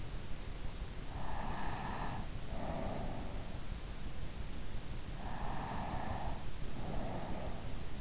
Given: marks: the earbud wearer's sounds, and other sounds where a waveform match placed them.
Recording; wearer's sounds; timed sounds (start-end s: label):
sounds in sleep by an in-ear microphone; breath
0.96-3.74 s: breath
5.11-8.01 s: breath